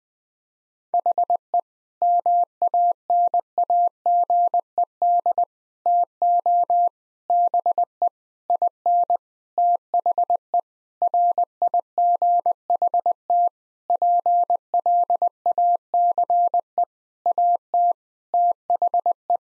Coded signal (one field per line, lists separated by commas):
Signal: Morse code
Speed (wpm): 19 wpm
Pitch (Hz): 700 Hz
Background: none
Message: HE MANAGED TO BE IN THE RIGHT PLACE AT THE